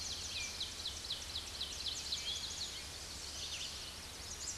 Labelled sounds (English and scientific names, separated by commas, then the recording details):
Ovenbird (Seiurus aurocapilla) song
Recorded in a Pennsylvania forest on 16 May 2024 at 07:34
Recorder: AudioMoth, point MSD-2181
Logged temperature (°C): 12.8 °C
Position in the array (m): 210 m, 102 m